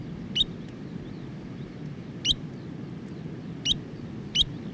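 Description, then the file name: New Zealand dotterel uttering four crisp, high clipped notes at irregular intervals, against a soft low-pitched background hiss. "nz dotterel song"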